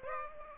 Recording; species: mosquito wingbeat signal from an infrared sensor; Aedes aegypti